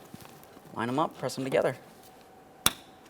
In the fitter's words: Audible click there. Double check. Make sure it's secured in place.